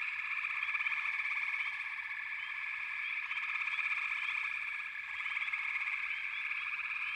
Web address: Nature Songs Nature Sounds The Natural Sounds of the Wilderness 10 CDs collection Echoes of Nature - Frog Chorus